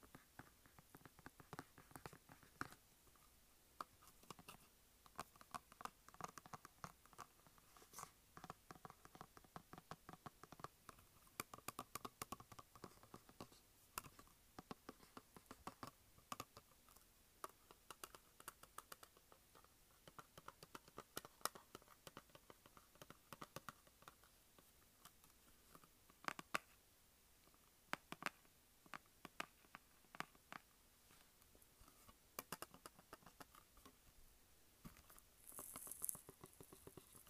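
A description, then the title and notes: Dry scratches, taps and crinkles on a cardboard container, in dense irregular bursts throughout, with a few sharper, louder snaps along the way. ASMR Cardboard Container.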